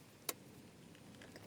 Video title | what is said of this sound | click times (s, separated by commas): Cub Cadet Spark Plug Replacement - XT1 Enduro Series | then do the same thing on this side just push it on until you feel it kind of snap in place | 0.3 s